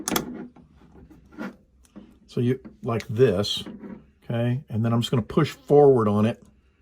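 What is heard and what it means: A steel internal lock/sear assembly is being pushed forward into the frame of a C96 Broomhandle Mauser pistol during reassembly, with a few small handling taps and rubs under someone talking. The clip ends before the assembly goes home, so nothing has seated or clicked yet.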